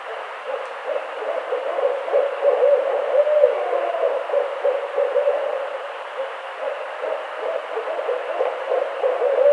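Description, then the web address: Barred owl giving steady low hooting and wavering calls throughout, uneven and continuous, over a soft background hiss. Recorded 18 April 2009. "Barred Owl 2009 04 18 Barred Owl 01"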